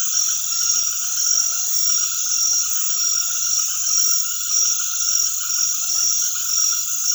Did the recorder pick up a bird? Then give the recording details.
no. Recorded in secondary vegetation near Puerto Asís, Putumayo, Colombia, on 20 February 2024 at 20:00. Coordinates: 0.500, -76.326. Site G6428